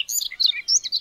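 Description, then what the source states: Siberian rubythroat singing a fast, jumbled phrase of sharp chirps, trills and piercing high whistles. Recorded on Teuri Island, Hokkaido, Japan.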